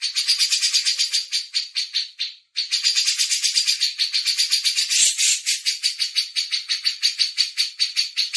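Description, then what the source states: Grey-cheeked bulbul: continuous scratchy, pulsed chattering from a bulbul, quick notes rolling on almost without pause, with one brief break. Masteran training audio.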